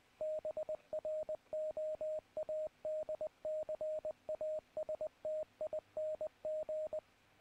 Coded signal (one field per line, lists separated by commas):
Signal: Morse code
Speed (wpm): 20 wpm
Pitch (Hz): 620 Hz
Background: radio noise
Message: BROADCASTING